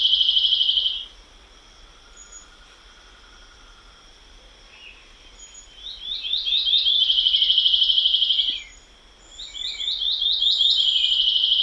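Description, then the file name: Policia-do-mato song: a high trill ends, a quiet gap follows, then two phrases of rapid rising notes each roll into a sustained buzzy trill, with soft background noise. "canto da policia do mato"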